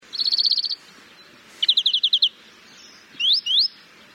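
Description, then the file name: European greenfinch giving a fast trill, then a slower run of about eight clipped notes, followed by two sharp rising whistled upslurs. "Chloris chloris"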